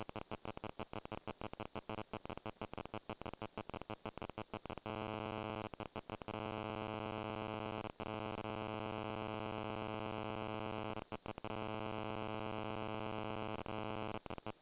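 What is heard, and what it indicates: Simulated tinnitus: a steady high-pitched tone near 6–7 kHz, with a continuous buzzing, chirping texture beneath it.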